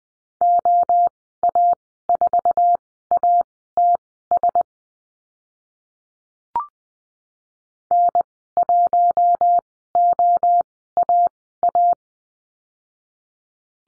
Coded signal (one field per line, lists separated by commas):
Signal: Morse code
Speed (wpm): 20 wpm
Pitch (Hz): 700 Hz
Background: none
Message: OA4ATS N1OAA